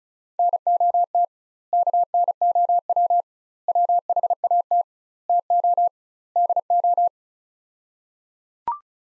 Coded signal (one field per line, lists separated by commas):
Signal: Morse code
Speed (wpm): 36 wpm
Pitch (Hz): 700 Hz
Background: none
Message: NOT KNOW WHAT TO DO